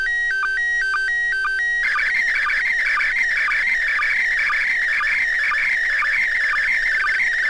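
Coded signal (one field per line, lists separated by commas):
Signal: SSTV (slow-scan television)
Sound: steady whistling tone, then warbling buzzy tone with regular low chirps twice a second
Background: radio static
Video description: Using Android app Robot36 and a Baofeng UV-5R to decode Slow Scan TV images from the Internation Space Station commemorating Cosmonaut day!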